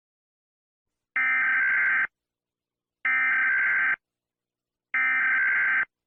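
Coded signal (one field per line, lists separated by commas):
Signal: Emergency Alert System (SAME) tones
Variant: header bursts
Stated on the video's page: Fictional EAS scenario based on Helluva Boss.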